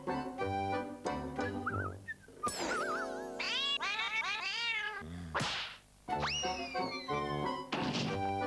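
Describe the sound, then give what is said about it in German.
A tomcat meows repeatedly in drawn-out, rising and falling cries, mixed with a dense, harmonic backdrop and a few sharp thumping hits scattered throughout. “Mit dem Geräusch der Motorsäge lockt er jetzt den Kater, der zur Schonung wetzt.”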